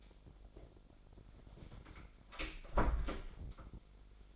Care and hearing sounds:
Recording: daily activity, microphone in the room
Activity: close door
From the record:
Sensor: 5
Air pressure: 1007.2 hPa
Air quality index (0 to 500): 170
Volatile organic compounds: 4 ppm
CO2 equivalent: 1630 ppm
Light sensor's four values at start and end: 57/161/62/63 and 55/157/61/61

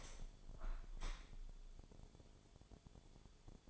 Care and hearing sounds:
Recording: daily activity, microphone in the room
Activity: open window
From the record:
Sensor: 5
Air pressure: 1015.0 hPa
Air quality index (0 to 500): 100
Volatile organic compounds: 2 ppm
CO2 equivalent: 1073 ppm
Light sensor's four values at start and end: 35/80/32/31 and 35/80/32/31

